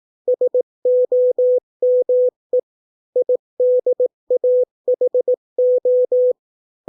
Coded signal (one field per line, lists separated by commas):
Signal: Morse code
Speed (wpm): 18 wpm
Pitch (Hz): 500 Hz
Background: none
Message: SOME IDAHO